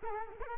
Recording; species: mosquito wingbeat signal from an infrared sensor; Culex quinquefasciatus